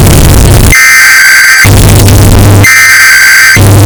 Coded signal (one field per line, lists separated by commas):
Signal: Emergency Alert System (SAME) tones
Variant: header bursts